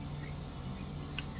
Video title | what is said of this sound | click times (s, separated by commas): Uramex Air Javelin Arrow gun unboxing and review. | locks in place never | 1.2 s